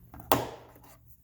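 An LED license plate light bulb and housing are pressed into the plate light opening in the bumper or tailgate of a 1996 Escort wagon. A few soft handling taps come first, then a sharp snap at 0.3 s that fades quickly. The light lens pops into place and is seated.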